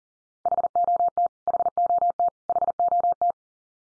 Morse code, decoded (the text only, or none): HOT HOT HOT